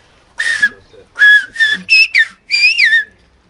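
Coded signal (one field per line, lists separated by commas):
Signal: whistled language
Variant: Aas whistled French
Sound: five short breathy whistled syllables, pitch gliding up and down like a phrase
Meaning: Asks: what is your name?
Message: comment tu t'appelles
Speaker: je dis comment tu t'appelles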